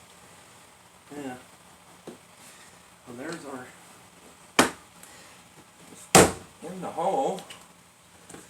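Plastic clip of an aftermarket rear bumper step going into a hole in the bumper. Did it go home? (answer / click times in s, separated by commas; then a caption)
no / none. The plastic clip of an aftermarket eBay rear bumper step for a Jeep Patriot is pressed into its hole in the bumper while someone talks, with two sharp knocks near 4.6 s and 6.2 s. The clip will not snap down and lock, and nothing has seated or clicked yet.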